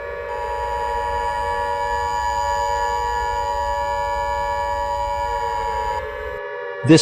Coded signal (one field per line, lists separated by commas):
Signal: Emergency Alert System (SAME) tones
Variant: 853 and 960 Hz attention tone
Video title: EAS SCENARIO 4: Tacodile Attack